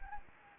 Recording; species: mosquito wingbeat signal from an infrared sensor; Anopheles gambiae